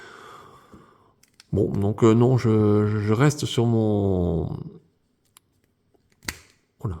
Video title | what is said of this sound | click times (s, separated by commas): Chronique n°257 : Masters of the universe origins "Skechbook" : Sy-Klone (Devastator). | là ça rentre bien, ça clipse. | 6.3 s